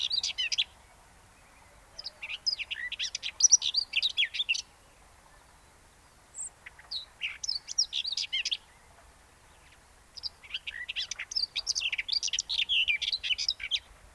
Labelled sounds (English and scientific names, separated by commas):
Common Whitethroat (Sylvia communis) song